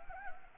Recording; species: mosquito wingbeat signal from an infrared sensor; Anopheles gambiae